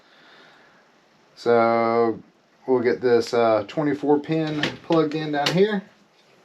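Someone talks while handling the 24-pin ATX power cable from the power supply, getting it ready to push into the motherboard socket. The clip ends before the connector goes home, so nothing has seated or clicked yet.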